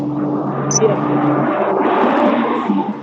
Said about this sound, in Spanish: No, pasa un camión, no te da problema. Acaba de pasar camiones, motos, algún heladero, no sé.